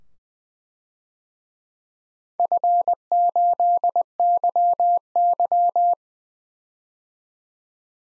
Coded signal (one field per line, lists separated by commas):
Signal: Morse code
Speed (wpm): 20 wpm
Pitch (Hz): 700 Hz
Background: none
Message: F8YY